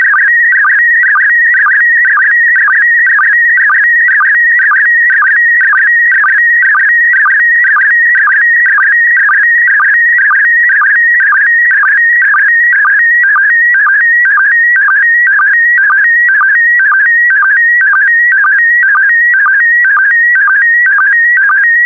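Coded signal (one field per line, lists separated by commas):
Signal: SSTV (slow-scan television)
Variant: PD120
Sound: warbling tone stepping between pitches with regular low blips, steady rhythm throughout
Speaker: that concludes the daily transmission of slow scan tv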